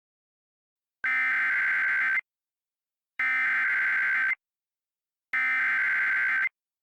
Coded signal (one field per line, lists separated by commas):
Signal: Emergency Alert System (SAME) tones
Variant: header bursts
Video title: Siren Head: An EAS Scenario